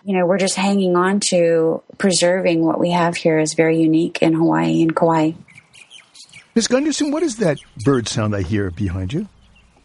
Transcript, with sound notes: You know, we’re just hanging onto preserving; what we have here is very unique in Hawaii and Kauai.
[SOUNDS OF BIRDS]
Ms. Gundersen, what is that bird sound I hear behind you?